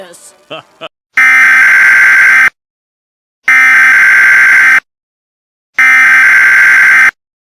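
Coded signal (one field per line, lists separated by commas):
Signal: Emergency Alert System (SAME) tones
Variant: header bursts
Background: speech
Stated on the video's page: Fictional EAS scenario.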